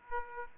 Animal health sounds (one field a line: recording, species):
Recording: mosquito wingbeat signal from an infrared sensor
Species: Aedes aegypti